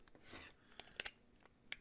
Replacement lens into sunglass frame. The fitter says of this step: get to the front here and then just push them into place then they just kind of snap into place